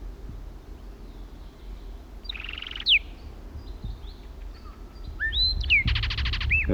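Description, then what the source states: Blackbird singing two phrases of whistled notes and fast buzzy pulsed trills, over low rumbling background. Singing from the top of a pine tree about 100 feet up.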